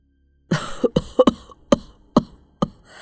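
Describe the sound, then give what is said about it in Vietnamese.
A run of harsh, raspy coughs and throaty hawking and spitting from the middle room of a house, about seven sharp bursts at an uneven pace, with the first few bunched together and the rest spaced apart, loud against a quiet background. “có tiếng ho khụ khụ và tiếng khạc nhổ liên hồi, rồi một tiếng quát thè thé phát ra từ gian nhà giữa.”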